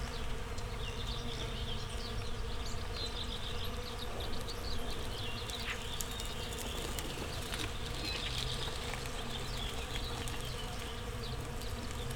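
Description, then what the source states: Bee: steady droning buzz of many bees, overlaid by frequent bird chirps and some sharp clicking sounds. Bees in a flowering rapeseed field, Słoneczna 9, Siemianowice Śląskie, Poland, Saturday 18 May 2019; recorded with Zoom H5 and Audio-Technica BP4025.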